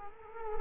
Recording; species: mosquito wingbeat signal from an infrared sensor; Culex quinquefasciatus